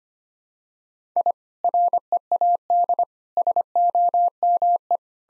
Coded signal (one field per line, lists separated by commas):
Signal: Morse code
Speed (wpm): 25 wpm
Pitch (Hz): 700 Hz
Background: none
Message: I READ SOME